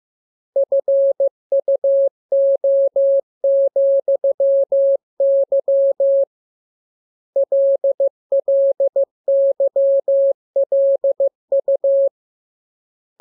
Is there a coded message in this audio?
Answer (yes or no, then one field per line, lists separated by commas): yes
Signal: Morse code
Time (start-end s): 0.6-12.1 s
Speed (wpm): 15 wpm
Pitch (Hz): 550 Hz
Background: none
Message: FUO,Y LLYLU